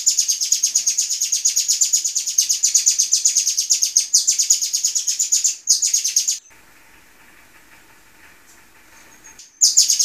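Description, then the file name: Golden-bellied Gerygone giving a rapid, high, chattering series for about six seconds, then a quiet pause before the high notes start again. Long, original song of the bird. "suara asli panjang burung rio rio omkicau"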